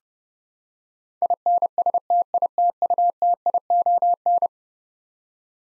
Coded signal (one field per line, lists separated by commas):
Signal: Morse code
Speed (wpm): 30 wpm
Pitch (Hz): 700 Hz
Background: none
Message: INSTITUTION